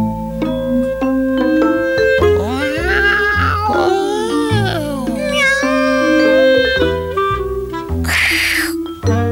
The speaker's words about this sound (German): Miau.